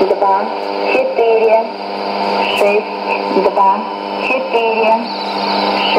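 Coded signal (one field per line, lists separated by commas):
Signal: numbers station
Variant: S06s, Russian female voice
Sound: a female voice reading short, evenly spaced words over steady radio hiss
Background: radio static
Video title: 10 02 2017 Numbers station S06s Russian Lady in Russian to Eu 0900 on 5765 unknown tx site in CUSB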